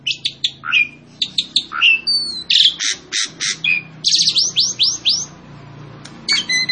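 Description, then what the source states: Asian pied starling song: rapid varied phrases of sharp chirps, falling and rising whistles and harsh buzzy notes, delivered in quick bursts with brief pauses. Song used as a master for training captive birds.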